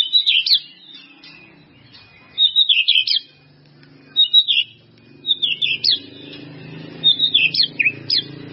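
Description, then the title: White-rumped Shama song in short bursts of high, sharp whistled notes separated by pauses, over a low steady hum. "murai batu"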